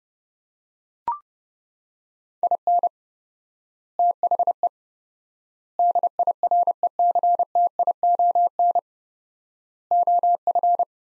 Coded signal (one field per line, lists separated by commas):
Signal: Morse code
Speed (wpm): 32 wpm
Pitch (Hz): 700 Hz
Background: none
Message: IN THE DIRECTION OF